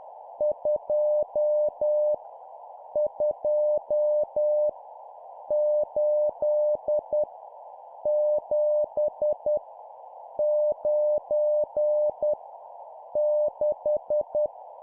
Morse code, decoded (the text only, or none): 2 2 8 7 9 6